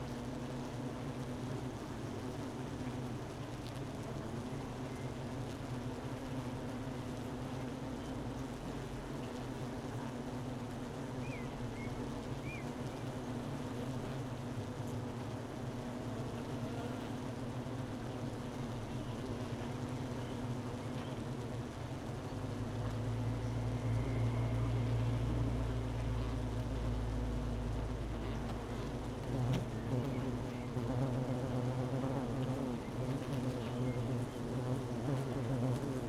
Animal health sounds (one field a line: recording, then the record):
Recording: honeybee colony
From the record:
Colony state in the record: missing queen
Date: 31 May 2018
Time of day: 12:20